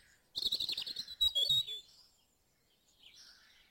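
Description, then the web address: Birds singing: one brief burst of fast, high twittering and trilled notes lasting about a second and a half, followed by quiet with a faint chirp. Dawn chorus in Mold, North Wales. "beanstalk-audio Dawn Chorus in Mold North Wales"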